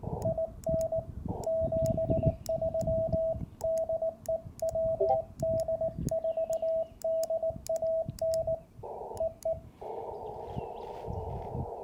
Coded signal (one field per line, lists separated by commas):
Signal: Morse code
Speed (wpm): 19 wpm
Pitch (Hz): 660 Hz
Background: radio noise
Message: IN 73 DE WD4DAN EE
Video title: Georgia State Parks on the Air #POTA event 2024 from US-2195 (Day 2 - WInning Score)